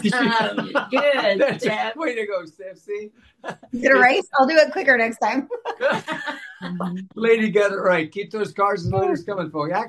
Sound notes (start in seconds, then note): 3.4 laughs; 5.6 laughs